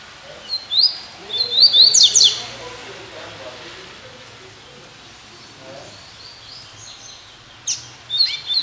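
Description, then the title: Double-collared Seedeater delivering a quick, high, chattering phrase of slurred chirps, then a pause and a second short burst of sharp notes near the end. "Canto Coleiro"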